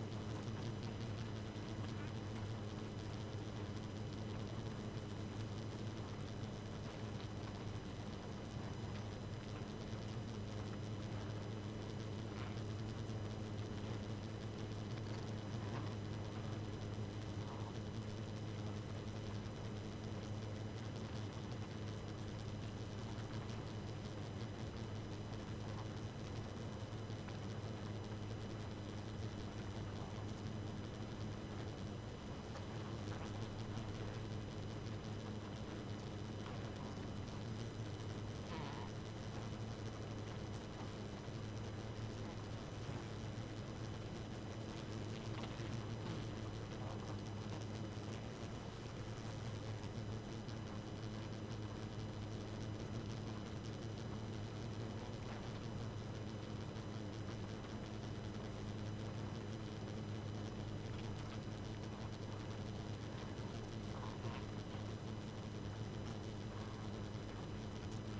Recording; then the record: honeybee colony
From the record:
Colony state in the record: active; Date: 12 June 2018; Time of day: 2:16